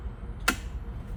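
A phone with a mount plate on its back is twisted on a Sea-Doo jet ski phone holder from horizontal to vertical. A sharp, loud click sounds at 0.5 s as the twist lock engages and the phone seats in the vertical position.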